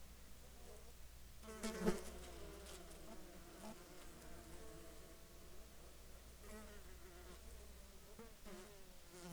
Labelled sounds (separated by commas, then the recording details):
insects
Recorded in Ivvavik National Park, Yukon, on 7 July 2019 at 12:42
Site SINP03